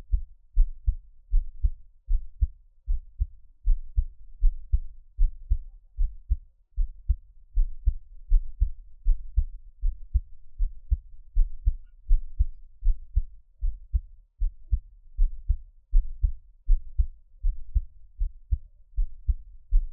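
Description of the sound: An adult's normal heartbeat, close-miked, with steady repeating beats and no talking.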